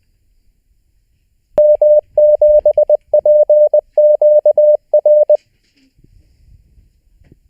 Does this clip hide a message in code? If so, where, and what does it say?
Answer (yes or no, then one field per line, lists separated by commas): yes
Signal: Morse code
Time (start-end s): 1.6-5.4 s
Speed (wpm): 20 wpm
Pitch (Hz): 600 Hz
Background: radio noise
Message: M7PQR